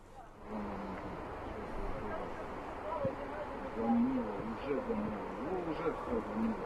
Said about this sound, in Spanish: Audio, bueno, son medios locales que muestran cómo el agua llevaba a partes de la costa.